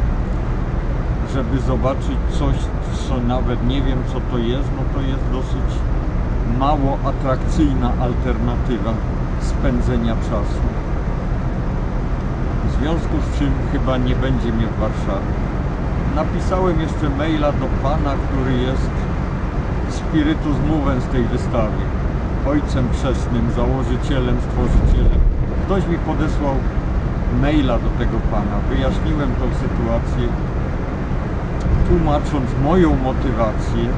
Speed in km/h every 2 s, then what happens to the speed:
75, 75, 75, 76, 79, 79, 81, 83, 83, 83, 83, 83, 82, 82, 81, 82, 83.
0-34 steady at about 82.